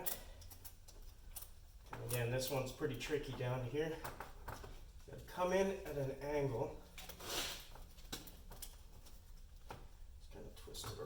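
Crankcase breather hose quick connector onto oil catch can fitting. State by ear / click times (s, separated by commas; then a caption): seated / 8.1 s. A crankcase breather hose quick connector is fed in at an angle in a tight spot and twisted onto the oil catch can port of a Mishimoto catch can on an Audi B9 S4/S5, while someone talks. Light clicks and handling noises are heard before a sharp snap at 8.1 s as the connector seats in place.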